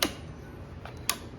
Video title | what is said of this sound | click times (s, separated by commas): Toro 60v TimeMaster lawn mower - A Real Dude's Review | like if you're familiar with the Toro PL PL form key pops right in there | 0.0 s